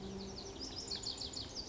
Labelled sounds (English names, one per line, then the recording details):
Lazuli Bunting
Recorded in Sonoma County, California